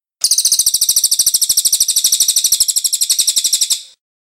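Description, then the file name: Cililin hitam delivering one burst of rapid, high, sharp repeated notes at an even pace for about three and a half seconds, ending abruptly. "suara cililin hitam"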